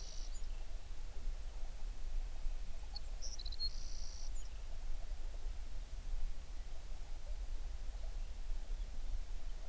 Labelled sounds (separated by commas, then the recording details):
songbird
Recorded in the Prudhoe Bay oil fields, Alaska, on 11 June 2019 at 05:30
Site 21